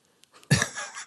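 A single abrupt cough from an adult bursts out after a brief quiet stretch, with a heavy low, chesty onset that fades over about half a second. It is one short, somewhat congested-sounding cough, linked to post-nasal drip during an unidentified respiratory illness.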